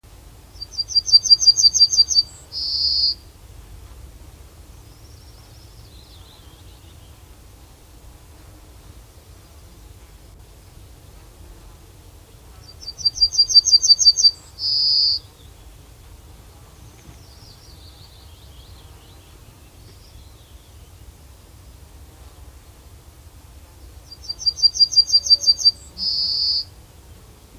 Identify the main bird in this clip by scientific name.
Emberiza citrinella